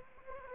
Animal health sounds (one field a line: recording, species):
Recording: mosquito wingbeat signal from an infrared sensor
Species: Anopheles gambiae